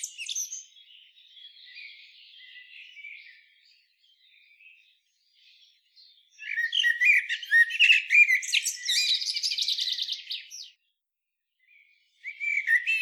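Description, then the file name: Common blackbird twittering in high, squeaky notes, with a quiet, thin opening, a loud scratchy chattering run in the middle, then a brief gap and a final burst. "Turdus merula"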